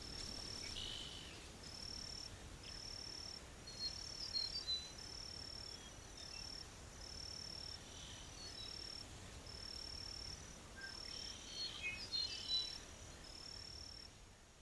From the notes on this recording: Kissimmee Prairie is a tranquil and breathtaking grassland landscape in SE Florida